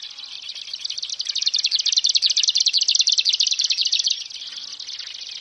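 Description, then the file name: Marsh grassbird song, a high, dense, buzzy rattle of fast pulses that grows louder, then drops abruptly to a much softer continuation. "oosekka"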